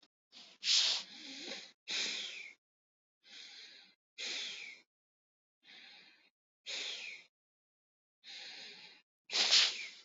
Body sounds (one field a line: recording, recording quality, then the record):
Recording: shallow breathing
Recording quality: excellent, no background noise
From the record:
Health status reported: exposed to COVID-19, no respiratory illness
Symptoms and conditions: none ticked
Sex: male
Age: 49 years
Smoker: not ticked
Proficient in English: yes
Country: United States